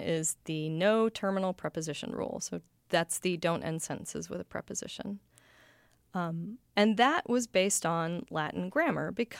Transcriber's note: none